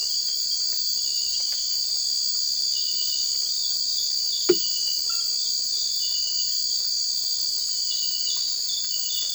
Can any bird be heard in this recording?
no